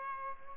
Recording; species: mosquito wingbeat signal from an infrared sensor; Aedes albopictus